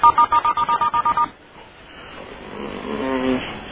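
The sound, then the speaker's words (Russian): About ten quick, evenly spaced telephone keypad tones beep in a steady rhythm as a number is dialed, then give way to a low, hissing line noise that slowly swells. “Вот, скажите, пожалуйста, вам не знаком такой номер телефона?”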